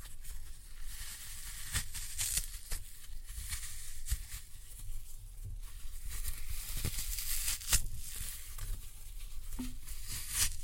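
Floral foam being crushed, with a steady bed of gritty, crackling crumble running throughout. Sharper snaps and crunches break through every second or so, the loudest near the middle and toward the end, with a low rumble underneath.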